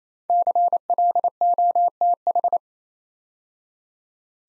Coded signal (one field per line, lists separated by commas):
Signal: Morse code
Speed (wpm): 27 wpm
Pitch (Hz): 700 Hz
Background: none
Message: CLOTH